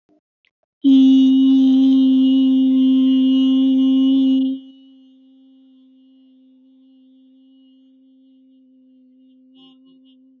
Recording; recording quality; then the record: sustained vowel as in beet; excellent, no background noise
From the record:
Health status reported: healthy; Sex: female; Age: 25 years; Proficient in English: yes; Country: India